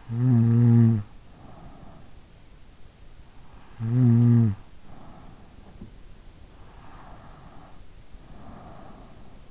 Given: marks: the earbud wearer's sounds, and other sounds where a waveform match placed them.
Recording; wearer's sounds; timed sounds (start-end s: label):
sounds in sleep by an in-ear microphone; snoring breath, breath
0.02-2.30 s: snoring breath
3.64-5.82 s: snoring breath
6.66-9.51 s: breath